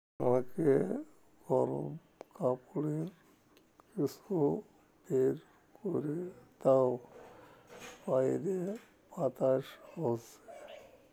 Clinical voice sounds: elicited speech; Bengali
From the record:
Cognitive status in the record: dementia

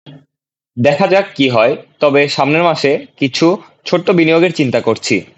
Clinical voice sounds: elicited speech; Bengali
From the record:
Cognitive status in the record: cognitively healthy

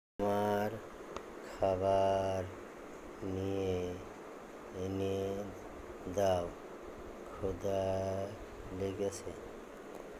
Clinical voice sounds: elicited speech; Bengali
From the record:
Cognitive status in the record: dementia

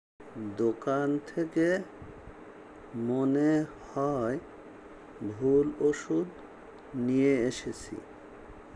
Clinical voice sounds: elicited speech; Bengali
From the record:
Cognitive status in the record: dementia

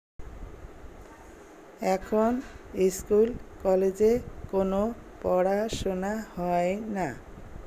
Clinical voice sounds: elicited speech; Bengali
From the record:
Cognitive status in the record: dementia

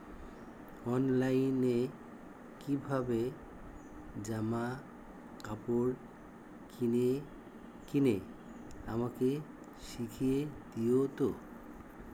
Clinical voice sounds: elicited speech; Bengali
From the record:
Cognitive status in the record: dementia

